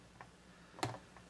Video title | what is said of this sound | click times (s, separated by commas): Hasbro's ECTO-1 Ghosbusters: AFTER LIFE 1:18 scale | guess you gotta have some fingernails there we go they're popped | 0.8 s